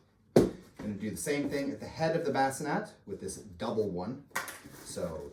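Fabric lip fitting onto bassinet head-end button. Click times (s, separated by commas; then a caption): 0.4 s. On a Bugaboo Fox 5 bassinet, the textile lip at the head end is slotted into a track and pushed sideways until it locks over the button, with a sharp click at 0.4 s. Someone talks throughout, and the fabric lip is seated in place.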